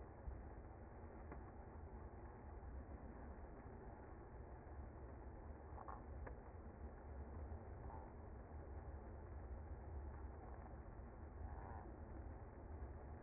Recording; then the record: honeybee colony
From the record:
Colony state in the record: active